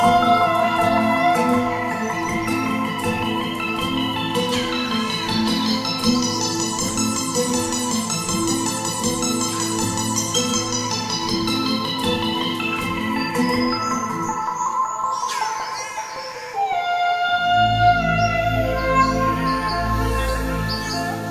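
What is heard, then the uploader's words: A dense rainforest chorus of overlapping drones, trills and whistles sounds continuously, with a shimmering rise and fall in the high calls through the middle. Around fifteen seconds the low hum briefly drops away, returning near seventeen seconds with sharper, brighter calls. The Voices Of The Forest (from Indonesian Rainforest). Birds singing and forest sounds.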